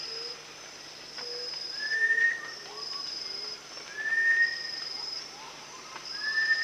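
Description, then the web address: Rufous-tailed shama giving plain whistled notes, slightly rising, about every two seconds, with fainter low whistles between and a pulsing insect chorus above. Recorded at Danum on 1 January 2008. "DANUM 20080101. sound rufous-tailed shama"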